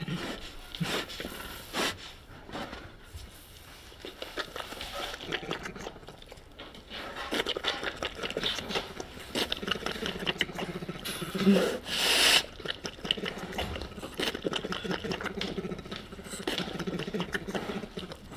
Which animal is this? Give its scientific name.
Melursus ursinus